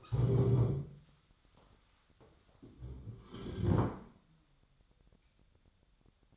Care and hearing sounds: daily activity, microphone in the room; stand up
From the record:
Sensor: 3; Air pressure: 1015.2 hPa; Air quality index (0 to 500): 153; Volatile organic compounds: 9 ppm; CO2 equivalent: 2183 ppm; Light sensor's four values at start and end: 14/36/14/15 and 13/34/13/14

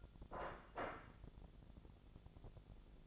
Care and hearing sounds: daily activity, microphone in the room; place plate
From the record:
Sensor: 5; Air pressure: 1000.3 hPa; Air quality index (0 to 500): 122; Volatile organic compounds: 1 ppm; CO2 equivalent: 973 ppm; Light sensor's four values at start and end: 96/227/97/105 and 96/227/97/105

